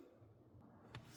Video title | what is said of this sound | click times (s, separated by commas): How to replace a Cabin air filter on a Honda Odyssey 5th generation 2018 - 2025 | this snaps into place. Snap, snap. | 0.9 s